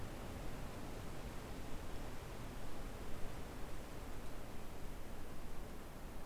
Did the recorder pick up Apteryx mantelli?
no